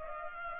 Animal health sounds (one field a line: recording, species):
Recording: mosquito wingbeat signal from an infrared sensor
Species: Culex pipiens